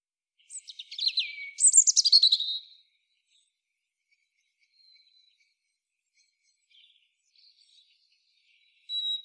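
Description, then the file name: European robin giving a brief burst of high thin whistles and twittering notes early on, then near silence with faint high fragments and a short note at the end. "Erithacus rubecula"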